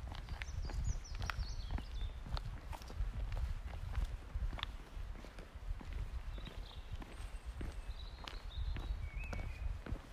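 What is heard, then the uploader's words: Birds sing along the woods, with short chirps and thin whistled phrases scattered throughout. Underneath runs a steady low rumble and frequent soft thuds like footsteps or hooves crunching along a path, fairly regular. Birdsong along the woods by Gem River.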